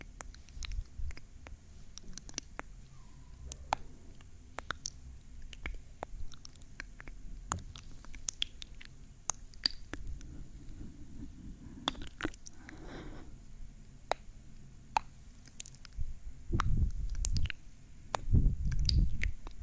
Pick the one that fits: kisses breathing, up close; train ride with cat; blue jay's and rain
kisses breathing, up close